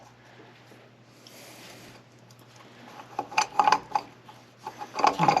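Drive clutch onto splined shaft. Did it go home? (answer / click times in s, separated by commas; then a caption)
no / none. A UTV drive clutch on a 2013 Arctic Cat Prowler XTZ 1000 is pushed onto its splined shaft during drive belt replacement. A low steady hum gives way to rubbing, then a cluster of sharp metal clunks between about 3.4 and 4.0 seconds and more knocks near 5.1 seconds. The clutch fails to engage the spline and has not seated or clicked yet.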